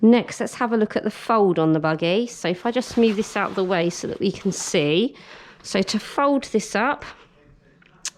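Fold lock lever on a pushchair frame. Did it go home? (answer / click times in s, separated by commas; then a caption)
released / 8.1 s. Someone talks, then a foot presses a black plastic fold-lock lever up on a Joie Nitro pushchair frame to start the fold. A sharp little click is heard at 8.1 s as the lever clicks open and releases the fold lock.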